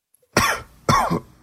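Two sharp, explosive coughs about half a second apart, each a harsh burst that fades quickly. It is a plain cough with no wheeze or whoop following.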